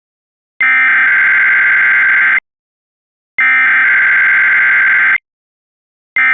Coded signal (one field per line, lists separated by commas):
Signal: Emergency Alert System (SAME) tones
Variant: header bursts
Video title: [EAS Mock] "The Black Text VDS" (October 7, 2003)